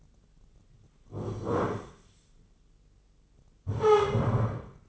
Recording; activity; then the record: daily activity, microphone in the room; sit down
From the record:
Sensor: 4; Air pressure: 996.7 hPa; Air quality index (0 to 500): 241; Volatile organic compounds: 350 ppm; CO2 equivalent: 4584 ppm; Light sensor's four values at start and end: 48/117/48/48 and 48/117/48/48